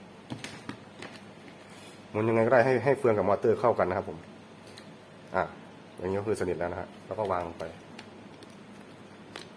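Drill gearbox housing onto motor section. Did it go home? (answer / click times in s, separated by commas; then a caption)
yes / 9.4 s. While reassembling a Makita HP333 cordless hammer drill that switched modes on its own while drilling, the gearbox housing is lined up with the motor section and pushed together as someone talks, with faint handling clicks along the way. A sharp snap at 9.4 s marks the gearbox housing locking onto the motor section, seated just right.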